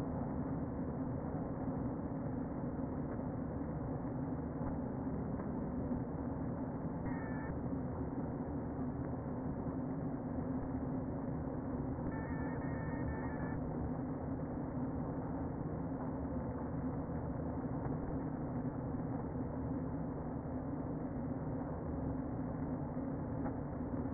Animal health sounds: honeybee colony, microphone inside the hive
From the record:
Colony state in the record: queen present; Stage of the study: before two queens were removed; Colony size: about 60,000 bees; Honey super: yes

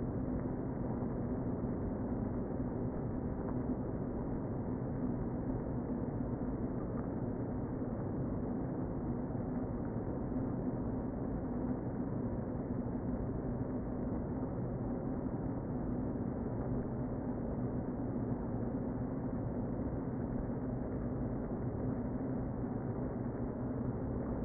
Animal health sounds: honeybee colony, microphone inside the hive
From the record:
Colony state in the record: queen present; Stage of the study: before two queens were removed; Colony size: about 60,000 bees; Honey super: yes

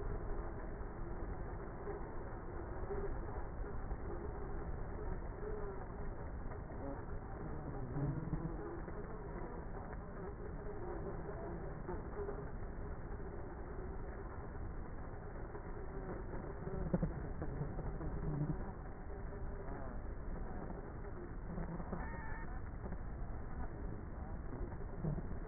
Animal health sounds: honeybee colony, microphone inside the hive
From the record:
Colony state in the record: queenless with a low population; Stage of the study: before two queens were removed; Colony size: about 30,000 bees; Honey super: no

